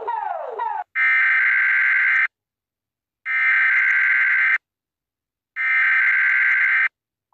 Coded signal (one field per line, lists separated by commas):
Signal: Emergency Alert System (SAME) tones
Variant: header bursts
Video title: Rating EAS alarms Part 4!